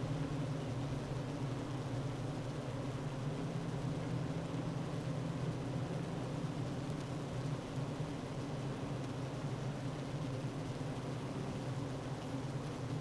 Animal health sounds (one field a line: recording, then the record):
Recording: honeybee colony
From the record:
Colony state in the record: active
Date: 12 June 2018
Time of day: 9:31